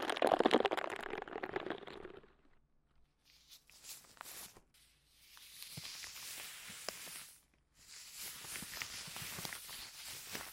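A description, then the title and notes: Gloved hands rub and crinkle over the ears in dense, bright rustling bursts, loudest at the start, with short silent gaps between passes. ASMR×KU100 | 手套耳朵按摩 | Gloves Ear Massage.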